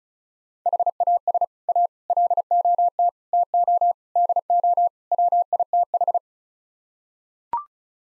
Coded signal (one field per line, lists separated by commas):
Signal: Morse code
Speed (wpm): 36 wpm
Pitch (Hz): 700 Hz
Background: none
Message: HAS A LOT TO DO WITH